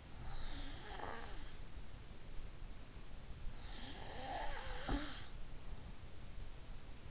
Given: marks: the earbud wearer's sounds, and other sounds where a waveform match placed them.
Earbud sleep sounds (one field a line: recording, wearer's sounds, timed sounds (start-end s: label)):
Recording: sounds in sleep by an in-ear microphone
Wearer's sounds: snoring breath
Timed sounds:
0.00-1.62 s: snoring breath
3.77-5.34 s: snoring breath